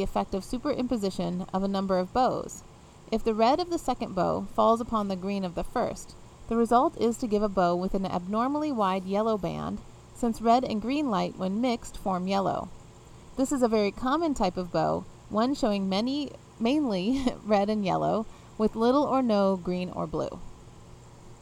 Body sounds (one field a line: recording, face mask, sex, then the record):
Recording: reading aloud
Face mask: none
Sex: female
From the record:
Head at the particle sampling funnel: facing it